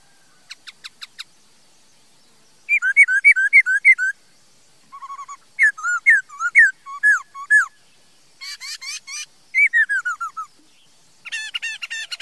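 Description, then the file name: Laughingthrush song of varied phrases: soft clicks, repeated rising whistles, lower warbled notes and fast twittering runs, with short silences between bursts. "Tieng khuou hot"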